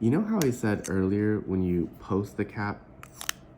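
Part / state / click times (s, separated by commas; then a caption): pencil cap onto the back end of a mechanical pencil / seated / 3.3 s. Someone talks, then posts the magnetic cap onto the back end of a $100 Uni Kurutoga Dive mechanical pencil, with faint small taps just before a sharp click at 3.3 s. The cap seats in place there, locking the lead advance.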